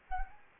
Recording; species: mosquito wingbeat signal from an infrared sensor; Anopheles gambiae